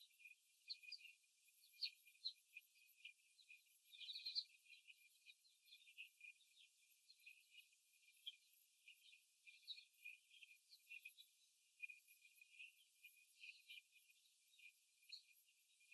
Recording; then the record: young laying hens in a cage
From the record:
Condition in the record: after the stressor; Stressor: simulated dog barking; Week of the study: 3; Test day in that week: 2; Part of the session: 4